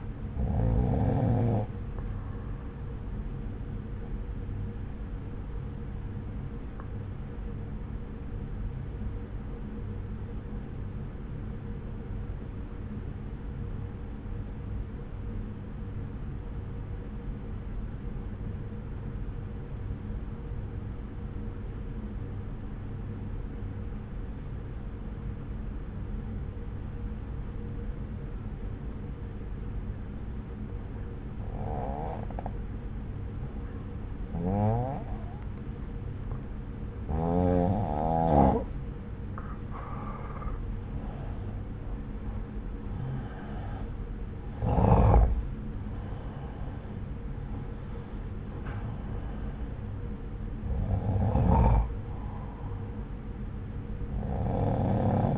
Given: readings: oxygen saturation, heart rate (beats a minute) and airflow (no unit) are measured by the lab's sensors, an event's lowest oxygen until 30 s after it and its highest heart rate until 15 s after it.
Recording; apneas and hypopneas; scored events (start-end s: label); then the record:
breathing in sleep by a smartphone at the bedside; 1
8.00-40.50 s: obstructive apnea (N1, oxygen 95% highest, then 86% lowest)
From the record:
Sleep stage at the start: N1 (lightest sleep); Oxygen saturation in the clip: 84 to 95%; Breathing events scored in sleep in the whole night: 303 in 8.1 hours asleep